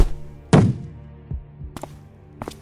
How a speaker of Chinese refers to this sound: 他把骰子扔进了第一个格子里，显然是要认真玩游戏了。骰子啪嗒一声落进格子，